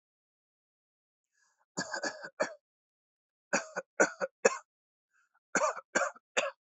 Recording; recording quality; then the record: shallow voluntary cough; excellent, no background noise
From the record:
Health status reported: healthy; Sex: male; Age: 29 years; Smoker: yes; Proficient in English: yes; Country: India